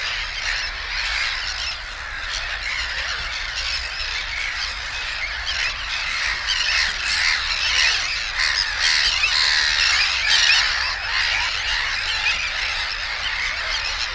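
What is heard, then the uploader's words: A dense colony of Sandwich terns and raucous black-headed gulls calls without pause, a thick wall of harsh, grating squawks. Louder gull cries stand out near the front, swelling around the middle, over a faint low rumble of wind. A big increase in Sandwich tern numbers today with about 500 at Ternery Pool bringing the sound level up with some raucous black-headed gulls in the foreground.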